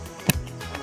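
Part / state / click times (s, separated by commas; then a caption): visor locking latch on a motorcycle helmet / seated / 0.3 s. A motorcycle helmet visor is lowered onto the shell, and the locking latch on the front of the visor snaps shut with a sharp click at 0.3 s, followed by a fainter tick near 0.8 s. The visor is now latched and cannot be pulled up until the latch is lifted.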